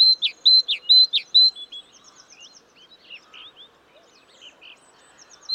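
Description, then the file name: Great tit song: a quick series of bright two-note phrases, high then dropping, repeated for about a second and a half, followed by softer chips and twitters. "Parus major"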